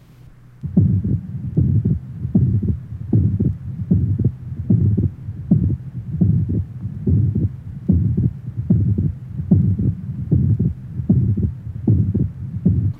Age 33, atrial septal defect, left sternal border area. Note also a faint, late rumbling diastolic murmur.